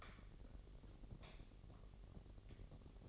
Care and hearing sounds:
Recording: daily activity, microphone in the room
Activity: light off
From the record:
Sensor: 4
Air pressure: 1012.7 hPa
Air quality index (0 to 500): 245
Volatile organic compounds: 4 ppm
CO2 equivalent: 1666 ppm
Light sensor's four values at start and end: 17/44/17/19 and 15/34/14/14

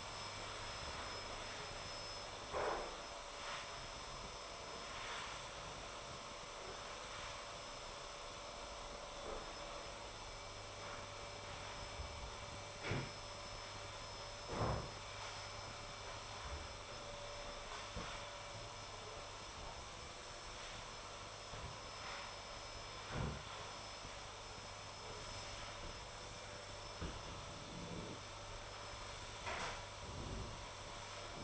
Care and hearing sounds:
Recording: daily activity, microphone in the room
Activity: vacuum cleaning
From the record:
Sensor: 5

